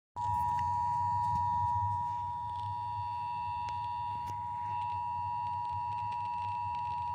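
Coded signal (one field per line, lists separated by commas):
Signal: Emergency Alert System (SAME) tones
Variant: 853 and 960 Hz attention tone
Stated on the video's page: Severe thunderstorm warning on KRKR-FM.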